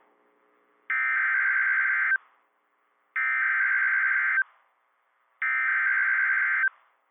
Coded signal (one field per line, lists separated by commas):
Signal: Emergency Alert System (SAME) tones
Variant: header bursts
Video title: MARCH MADNESS - EAS Alerts from 3/15-16/26 (EAS #701 - #725)